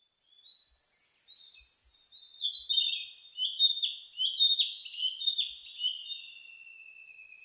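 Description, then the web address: Narcissus flycatcher singing a rapid run of whistled, slurred notes that ends in a long, even whistle, after a few soft high notes. Recorded on 15 May 2004. "2004 040515 kibitaki"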